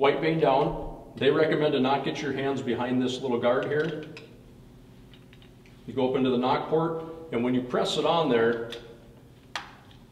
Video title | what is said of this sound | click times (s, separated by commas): 2020 Ravin R29X Crossbow Overview - Archery Country | to press it pretty hard you'll hear an audible click and it snaps on there | 9.6 s